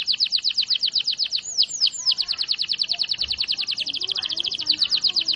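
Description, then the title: Canary song made of a steady rapid roll of repeated notes, interrupted by three swooping slurred whistles, then rolling on. Long roll song, used for training birds. "Master Burung Jos"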